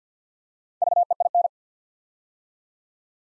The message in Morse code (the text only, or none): VEIN